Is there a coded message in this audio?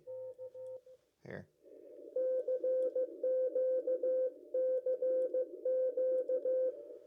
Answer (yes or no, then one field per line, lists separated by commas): yes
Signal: Morse code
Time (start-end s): 0.1-6.7 s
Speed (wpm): 15 wpm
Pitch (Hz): 510 Hz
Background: speech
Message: K CQCQ